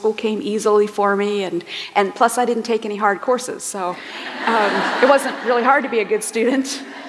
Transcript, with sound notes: School came easily for me plus I didn't take any hard courses, (laughter) so it wasn't really hard to be a good student.